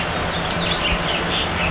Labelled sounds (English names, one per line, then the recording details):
House Finch song
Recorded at Patchogue on Long Island, New York, on 21 June 2013
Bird B